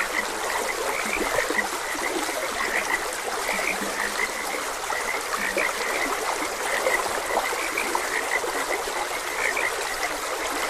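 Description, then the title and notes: Frogs keep up a continuous chorus of brief croaks, with a few lower notes, while a stream trickles steadily beneath. Frogs croaking beside a gentle stream. "Gentle Stream and Frogs Croaking - Calming Sounds of Nature. Sleep and Relaxation Podcast"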